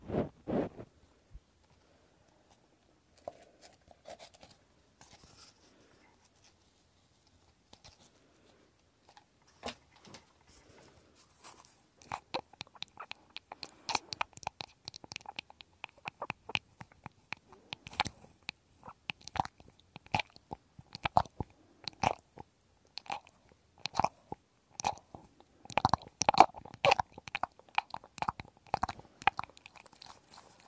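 Ear cleaning with sharp crackling and scratching clicks. The first ten seconds are mostly quiet with a few isolated pops, then a dense, irregular run of bright crunchy clicks takes over, growing busier and louder toward the end.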